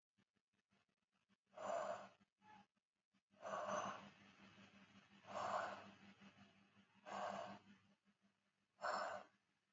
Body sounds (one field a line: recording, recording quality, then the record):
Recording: deep breathing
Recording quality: excellent, no background noise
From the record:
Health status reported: respiratory illness, not identified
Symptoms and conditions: fever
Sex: female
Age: 25 years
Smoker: not ticked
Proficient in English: yes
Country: India